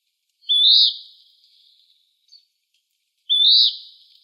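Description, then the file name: Western wood-pewee calling twice, each note a buzzy, slurred 'peeer' that rises quickly then fades downward, about three seconds apart, with a faint chip between. Recorded in Arizona. "WEWP 5 A deviche"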